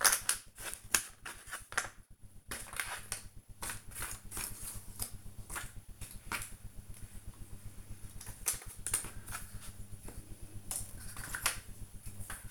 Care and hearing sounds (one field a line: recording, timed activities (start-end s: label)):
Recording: household activities, microphone on the right wrist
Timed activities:
0.00-12.51 s: doing a puzzle